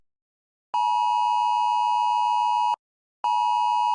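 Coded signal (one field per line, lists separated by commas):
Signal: Emergency Alert System (SAME) tones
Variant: 853 and 960 Hz attention tone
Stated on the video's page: Fictional EAS scenario.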